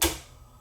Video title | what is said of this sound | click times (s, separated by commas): Master your Cricut in 10 easy projects the series - Project 3 | and insert your pen until it clicks | 0.0 s